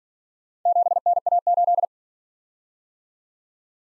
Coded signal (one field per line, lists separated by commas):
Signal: Morse code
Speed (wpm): 48 wpm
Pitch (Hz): 700 Hz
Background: none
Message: 7NA8